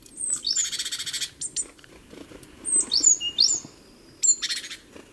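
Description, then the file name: Great tit calls: a buzzy rattling churr, then high chirps, then another short rattling churr at the end. "Parus major"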